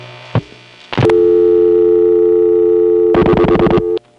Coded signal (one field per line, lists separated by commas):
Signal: telephone call progress tone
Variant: North America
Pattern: dial tone